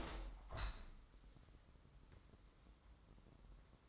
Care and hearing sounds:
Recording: daily activity, microphone in the room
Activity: open window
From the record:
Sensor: 3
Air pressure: 998.0 hPa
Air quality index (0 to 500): 130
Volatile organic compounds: 4 ppm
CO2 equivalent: 1544 ppm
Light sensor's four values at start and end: 14/42/17/16 and 14/42/17/16

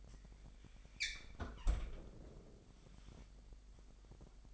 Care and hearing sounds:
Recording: daily activity, microphone in the room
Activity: close fridge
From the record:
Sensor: 5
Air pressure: 1002.0 hPa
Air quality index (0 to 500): 210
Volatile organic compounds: 21 ppm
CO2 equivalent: 2718 ppm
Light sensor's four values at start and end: 11/25/10/12 and 10/23/9/10

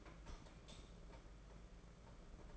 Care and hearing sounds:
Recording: daily activity, microphone in the room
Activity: light on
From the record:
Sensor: 5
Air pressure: 992.1 hPa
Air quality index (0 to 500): 204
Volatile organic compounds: 1000 ppm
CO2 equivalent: 5888 ppm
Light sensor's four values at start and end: 8/19/7/8 and 8/19/7/8

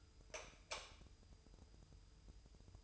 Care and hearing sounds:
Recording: daily activity, microphone in the room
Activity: light off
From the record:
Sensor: 2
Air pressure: 988.2 hPa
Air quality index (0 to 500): 189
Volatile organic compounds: 173 ppm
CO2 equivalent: 4116 ppm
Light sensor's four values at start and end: 12/35/14/14 and 7/16/7/7

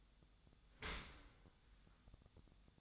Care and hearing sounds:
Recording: daily activity, microphone in the room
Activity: open dishwasher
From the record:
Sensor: 3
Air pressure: 1004.6 hPa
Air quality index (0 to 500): 109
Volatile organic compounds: 5 ppm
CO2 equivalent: 1711 ppm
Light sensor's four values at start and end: 7/17/7/6 and 7/17/7/6

